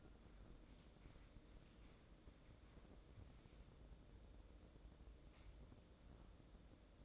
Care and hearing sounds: daily activity, microphone in the room; wipe stove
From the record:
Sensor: 3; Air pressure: 1012.3 hPa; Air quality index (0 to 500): 173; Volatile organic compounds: 3 ppm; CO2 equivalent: 1324 ppm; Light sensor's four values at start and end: 579/1438/593/604 and 587/1458/602/614

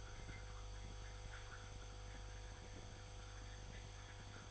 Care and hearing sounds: daily activity, microphone in the room; make coffee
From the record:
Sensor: 5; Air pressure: 1004.4 hPa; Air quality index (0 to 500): 171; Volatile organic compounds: 4 ppm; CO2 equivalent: 1612 ppm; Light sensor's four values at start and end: 38/118/44/45 and 38/118/45/45

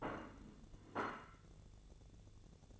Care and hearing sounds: daily activity, microphone in the room; place plate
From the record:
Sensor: 4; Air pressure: 1001.0 hPa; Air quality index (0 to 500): 145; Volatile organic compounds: 2 ppm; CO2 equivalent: 1068 ppm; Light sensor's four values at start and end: 25/61/25/26 and 25/61/25/27

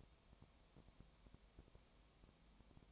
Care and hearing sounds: daily activity, microphone in the room; no activity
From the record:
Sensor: 1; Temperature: 19.4 degrees Celsius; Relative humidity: 35.7%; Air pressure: 1003.3 hPa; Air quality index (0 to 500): 113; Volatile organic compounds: 2 ppm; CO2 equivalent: 1257 ppm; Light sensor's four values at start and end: 1/2/1/1 and 1/2/1/1

